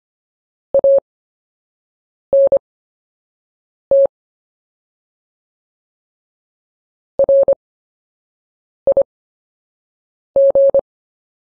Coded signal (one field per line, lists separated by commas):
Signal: Morse code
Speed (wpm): 25 wpm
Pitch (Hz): 550 Hz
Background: none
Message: ANT RIG